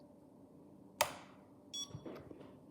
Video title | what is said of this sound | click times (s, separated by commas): Intro to CADD Prizm Pump | turning until you hear it click | 1.0 s